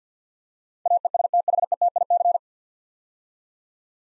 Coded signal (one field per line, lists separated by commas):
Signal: Morse code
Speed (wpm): 50 wpm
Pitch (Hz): 700 Hz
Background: none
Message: AESTHETIC